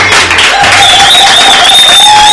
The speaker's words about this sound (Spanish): Fuerte el aplauso para Ricky.